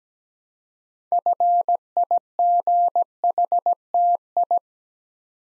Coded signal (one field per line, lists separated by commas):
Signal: Morse code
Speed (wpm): 17 wpm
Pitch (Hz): 700 Hz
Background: none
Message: FIGHTI